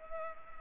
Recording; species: mosquito wingbeat signal from an infrared sensor; Culex pipiens